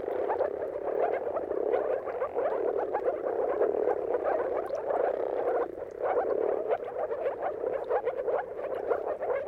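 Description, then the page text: Moor frogs calling together, an unbroken mass of low bubbling croaks that dips briefly near the middle, then resumes. Chorus of many moor frogs giving mating calls at sunrise at the turn of March and April, its timing depending on the weather. "Dawn’s Chorus: Mating Calls of Marsh Frogs at Sunrise. Depending on the weather at the turn of March and April, you can witness an amazing spectacle of moor frogs. Jakub-Orzecki moor frogs"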